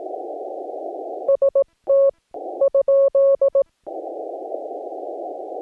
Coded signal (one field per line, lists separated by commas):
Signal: Morse code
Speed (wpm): 18 wpm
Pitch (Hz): 550 Hz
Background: none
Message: ST ?